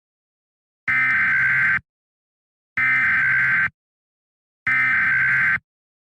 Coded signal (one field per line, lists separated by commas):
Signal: Emergency Alert System (SAME) tones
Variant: header bursts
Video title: EAS Scenario: Asteroid Impact